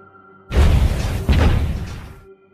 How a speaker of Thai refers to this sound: เสียงระเบิดลงมายังบริเวณฐานที่มั่นของทหารไทยอย่างจัง